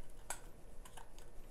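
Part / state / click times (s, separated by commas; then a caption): wireless sensor bridge dongle into the rear USB slot of a home security camera / not seated / none. A Wyze Sense bridge, a small plastic USB dongle, is handled and pushed toward the rear USB slot of a Wyze home security camera. A brief sharp tap sounds at 0.3 s over faint background noise, followed by a few softer handling ticks. Nothing has seated or clicked yet.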